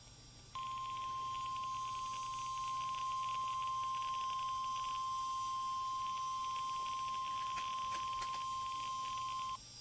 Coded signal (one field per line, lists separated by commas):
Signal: Emergency Alert System (SAME) tones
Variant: 1050 Hz attention tone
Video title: EAS PDS Tornado Warning Davidson and Wilson County Tennessee NOAA Weather Radio